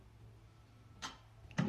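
After an Ozone Tusker 10 NXT digital locker is opened with the user password, its knob is turned back and the locker's bolt latches closed into the locker body. A faint low hum and a brief soft knock near 1.0 s come before two sharp clicks at 1.5 s and 1.6 s, the second louder. The locker is locked shut.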